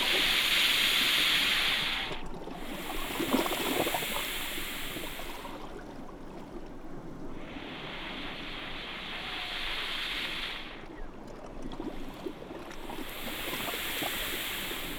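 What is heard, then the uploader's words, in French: Water sucking and gurgling through porous limestone on a rocky shore, with a continuous rush of sea wash underneath. Bright hissing surges come and go every few seconds, with sharper splashes and slurps around three to four seconds and again near ten. Succion dans un récif rocheux. Archipel du Cap vert. La porosité de certaines roches calcaires laisse l'eau s'infiltrer et s'aspirer dans les petits plateaux du littoral. Enregistré à 20 cm de l'orifice "pour entendre le clapot de la mer". Réalisation : Henri Morelle.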